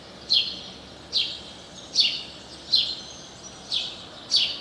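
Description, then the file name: House sparrow giving six loud, sharp chirps, each a brief, harsh note, spaced a little under a second apart, over steady low background noise. "Passer domesticus"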